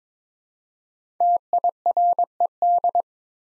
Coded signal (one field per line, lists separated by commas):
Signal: Morse code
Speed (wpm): 22 wpm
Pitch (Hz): 700 Hz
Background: none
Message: TIRED